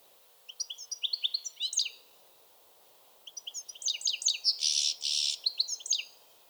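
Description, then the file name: European goldfinch calls: quick bright twittering notes in two clusters, the second containing a couple of harsh buzzy bursts. "Carduelis carduelis"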